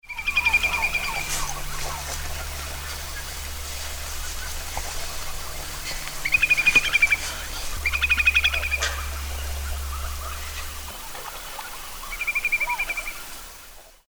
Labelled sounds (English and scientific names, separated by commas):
Eurasian Whimbrel (Numenius phaeopus)